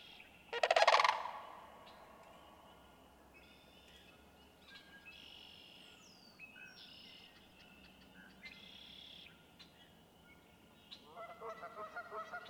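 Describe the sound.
Sandhill crane with a single short rolling rattle near the start, then quieter songbird whistles and a soft pulsed chattering toward the end.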